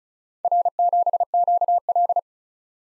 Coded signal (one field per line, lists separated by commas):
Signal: Morse code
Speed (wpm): 34 wpm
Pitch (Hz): 700 Hz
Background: none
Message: R7QL